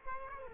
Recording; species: mosquito wingbeat signal from an infrared sensor; Culex quinquefasciatus